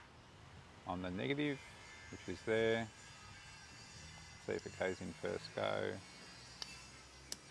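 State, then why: Seated. A crimped metal contact on the negative wire is pushed into a plastic Anderson-style plug housing while someone talks. After a faint tick at 6.6 seconds, a sharp click at 7.3 seconds marks the contact seating in the housing on the first try.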